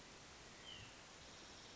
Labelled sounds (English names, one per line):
White-breasted Nuthatch